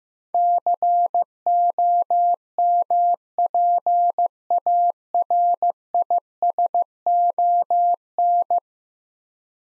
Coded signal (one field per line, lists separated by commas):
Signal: Morse code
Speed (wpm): 15 wpm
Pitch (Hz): 700 Hz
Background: none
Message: COMPARISON